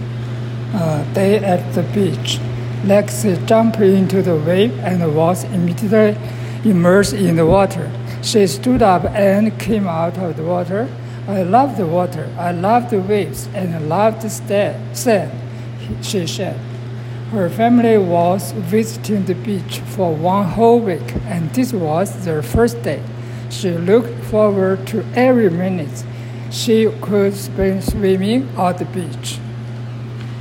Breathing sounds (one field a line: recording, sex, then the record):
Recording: reading aloud after running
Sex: male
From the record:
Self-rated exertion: light exertion (2 of 6)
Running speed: 5 miles an hour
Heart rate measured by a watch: 114 beats a minute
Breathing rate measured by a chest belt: 24 breaths a minute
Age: 59 years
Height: 175 cm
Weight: 70 kg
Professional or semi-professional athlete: no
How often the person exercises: 3 to 5 times a week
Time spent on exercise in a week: over 5 hours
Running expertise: yes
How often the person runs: 3 to 5 times a week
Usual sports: running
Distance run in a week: 20 km